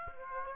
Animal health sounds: mosquito wingbeat signal from an infrared sensor; Aedes aegypti

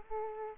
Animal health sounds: mosquito wingbeat signal from an infrared sensor; Aedes aegypti

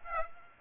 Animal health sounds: mosquito wingbeat signal from an infrared sensor; Aedes aegypti

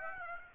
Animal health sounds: mosquito wingbeat signal from an infrared sensor; Aedes aegypti

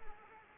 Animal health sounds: mosquito wingbeat signal from an infrared sensor; Anopheles arabiensis

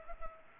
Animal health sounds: mosquito wingbeat signal from an infrared sensor; Culex pipiens

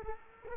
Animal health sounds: mosquito wingbeat signal from an infrared sensor; Culex quinquefasciatus

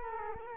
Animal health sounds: mosquito wingbeat signal from an infrared sensor; Culex quinquefasciatus

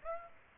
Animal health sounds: mosquito wingbeat signal from an infrared sensor; Aedes aegypti

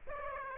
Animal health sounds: mosquito wingbeat signal from an infrared sensor; Aedes aegypti

